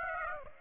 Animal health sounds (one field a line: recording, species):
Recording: mosquito wingbeat signal from an infrared sensor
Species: Aedes aegypti